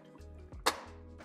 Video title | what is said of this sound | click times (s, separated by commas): Start to Finish! - Luxury Camper Van Conversion | and snaps into place. | 0.7 s